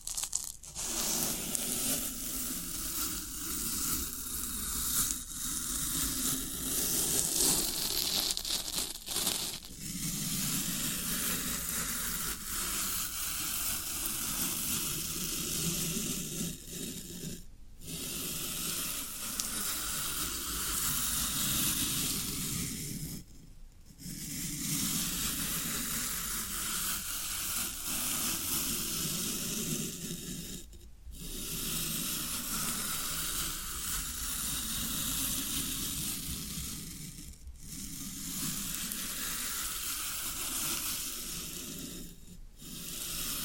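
Floral foam crackles and fizzes steadily, a dense hissing sizzle like frying, with a low rumbling churn underneath. Brief silent gaps break the sound roughly every six or seven seconds, near 9, 17, 24, 31, 37 and 43 seconds.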